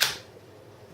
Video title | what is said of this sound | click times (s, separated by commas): Ar 15 disassembly and reassembly | this will snap shut you'll hear it | 0.0 s